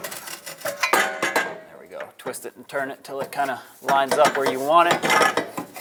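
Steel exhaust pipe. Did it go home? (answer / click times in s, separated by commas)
no / none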